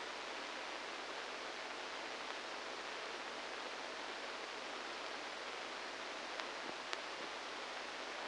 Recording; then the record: brain microelectrode recording played as sound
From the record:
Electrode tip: inside the subthalamic nucleus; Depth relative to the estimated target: -1 mm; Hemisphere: left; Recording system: NeuroSet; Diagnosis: Parkinson's disease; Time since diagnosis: 10 years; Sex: male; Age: 63 years